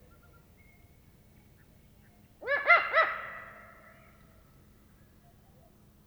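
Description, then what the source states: Eurasian eagle-owl cackle: a quiet pause, then a short burst of a few rapid, harsh, bouncing notes that fade quickly, with a faint low hum underneath. Female giving "devil's cackles".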